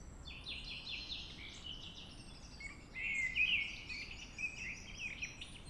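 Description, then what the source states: Mistle Thrush giving one loud fluty phrase midway, amid a fainter chorus of high-pitched birds and steady hiss. Singing at dawn.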